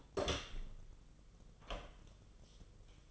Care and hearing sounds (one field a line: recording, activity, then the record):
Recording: daily activity, microphone in the room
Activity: open door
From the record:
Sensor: 4